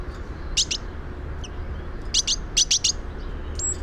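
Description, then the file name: Great tit calls, short high chips in quick pairs and triplets with a brief gap between groups, over a steady low hum. "Parus major"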